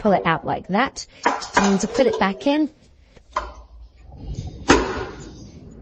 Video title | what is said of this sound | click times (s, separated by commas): KitchenAid Artisan Series 5-Quart Tilt-Head Stand Mixer Review - Is It Worth It? | it simply clicks back in there. | 4.7 s